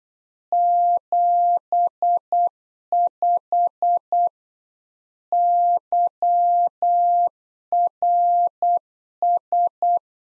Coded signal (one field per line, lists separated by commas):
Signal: Morse code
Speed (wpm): 8 wpm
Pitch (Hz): 700 Hz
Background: none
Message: 75 YRS